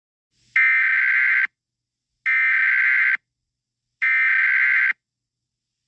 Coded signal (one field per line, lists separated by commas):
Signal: Emergency Alert System (SAME) tones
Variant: header bursts